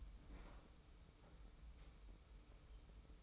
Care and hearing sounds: daily activity, microphone in the room; open fridge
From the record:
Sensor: 1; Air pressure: 991.0 hPa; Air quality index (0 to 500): 110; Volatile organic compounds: 106 ppm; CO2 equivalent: 3791 ppm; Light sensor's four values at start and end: 24/56/24/26 and 24/56/24/26

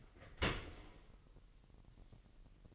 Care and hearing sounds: daily activity, microphone in the room; open dishwasher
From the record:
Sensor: 4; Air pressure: 1001.5 hPa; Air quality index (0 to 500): 247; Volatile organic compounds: 41 ppm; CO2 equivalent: 3160 ppm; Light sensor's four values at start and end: 8/18/7/6 and 8/17/6/6

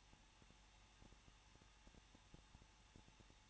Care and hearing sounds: daily activity, microphone in the room; no activity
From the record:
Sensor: 1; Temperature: 20.1 degrees Celsius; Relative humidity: 39.2%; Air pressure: 1006.3 hPa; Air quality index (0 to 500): 218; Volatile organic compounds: 77 ppm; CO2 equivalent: 3583 ppm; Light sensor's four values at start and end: 1/2/1/1 and 1/2/1/1

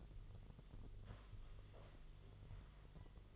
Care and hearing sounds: daily activity, microphone in the room; sit down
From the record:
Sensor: 4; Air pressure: 1005.9 hPa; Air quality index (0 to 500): 102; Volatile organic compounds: 2 ppm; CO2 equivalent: 1280 ppm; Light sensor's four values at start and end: 13/29/11/10 and 13/29/11/10

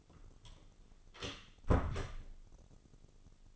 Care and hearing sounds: daily activity, microphone in the room; close door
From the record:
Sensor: 4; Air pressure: 997.0 hPa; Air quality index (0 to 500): 51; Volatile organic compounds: 1 ppm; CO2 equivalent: 853 ppm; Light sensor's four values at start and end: 18/42/17/18 and 19/45/18/19

